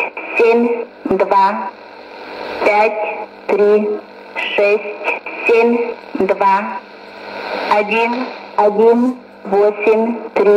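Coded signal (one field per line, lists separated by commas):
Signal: numbers station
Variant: S06s, Russian female voice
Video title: 19 12 2019 S06s Russian Lady numbers station in Russian to Eu 0944 on 9540 unknown tx site USB+AM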